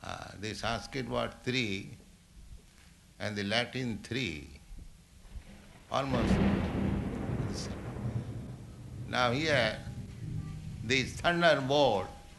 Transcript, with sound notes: The Sanskrit word tri and the Latin "three," almost… [loud thunder] Now here, this thunderbolt